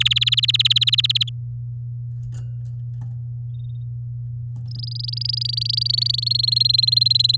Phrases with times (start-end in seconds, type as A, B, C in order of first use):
0.00-1.29 A, 4.71-6.29 B, 6.30-7.36 C